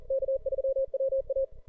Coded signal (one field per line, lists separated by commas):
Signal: Morse code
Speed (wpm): 38 wpm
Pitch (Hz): 530 Hz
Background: radio noise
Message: K3WA